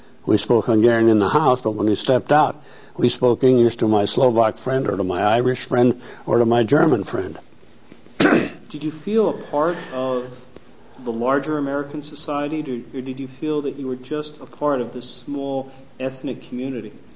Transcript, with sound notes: We spoke Hungarian in the house, but when we stepped out, we spoke English to my Slovak friend, or to my Irish friend, or to my German friend. ( he clears his throat )
Did you feel a part of the larger American society, or did you feel that you were just a part of this small ethnic community?